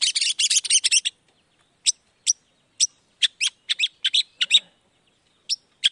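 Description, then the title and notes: Long-tailed shrike song: a dense burst of harsh chattering, then spaced sharp high chips scattered over several seconds. Morning; song played to provoke other shrikes to respond quickly and agitatedly; varied 'toet toet' voice. "Cendet Gacor Dor Di Kala Pagi Toet Toet Variasi Suara. Cendet Gacor Langsung Nyaut Emosi Hanya dengan Sekali Putar Bikin Cendet Lainya Cepat Respon Bunyi. Burung cendet"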